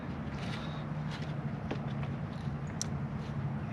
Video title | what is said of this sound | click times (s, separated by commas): Chevy Spark Coil Issues.#chevrolet #automobile #diy #mechanic #carrepair #chevy #autorepair | you hear it snap and | 2.8 s